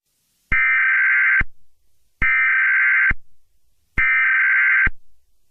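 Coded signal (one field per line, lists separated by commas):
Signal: Emergency Alert System (SAME) tones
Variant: header bursts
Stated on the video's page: Fictional EAS scenario, a cleaner remake of an earlier version.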